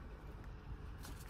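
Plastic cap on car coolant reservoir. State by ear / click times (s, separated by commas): not seated / none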